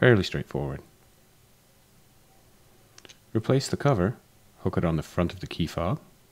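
Someone talks while handling the plastic cover of a Tesla Model X key fob during a battery replacement, hooking the cover onto the front of the fob body. Two faint, brief ticks are heard at about 3.0 and 3.1 s between stretches of talk. Nothing has seated or clicked yet; the cover is not yet snapped shut.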